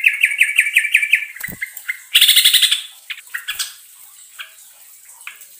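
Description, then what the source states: Yellow-vented Bulbul song: a run of quick even chirps, then a short loud buzzy trill, then scattered faint notes. Song in the rapid 'ropelan' style with a long rolling trill ('ngerol panjang').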